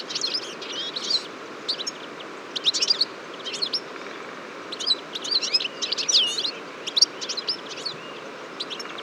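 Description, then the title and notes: Eurasian siskins chattering in a flock, scattered clusters of thin twittering and buzzy calls with short quieter gaps, over a steady low background rumble. Large flock at a feeder on a February morning, 23 February 2014, Fourcinet, Drôme, France; recorded with Nagra Seven and Telinga P7. "Choeur de fringilles. 23 février 2014-Fourcinet - Drôme. à la mangeoire un grand nombre de Tarin des aulnes (Carduelis spinus)"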